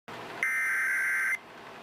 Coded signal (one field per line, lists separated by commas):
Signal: Emergency Alert System (SAME) tones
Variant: header bursts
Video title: EAS - Christmas Chaos